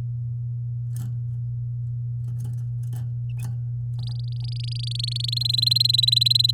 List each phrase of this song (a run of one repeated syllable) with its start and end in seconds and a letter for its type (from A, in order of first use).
3.99-5.39 A, 5.40-6.51 B